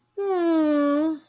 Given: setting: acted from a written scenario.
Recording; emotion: vocal sound without words; sympathy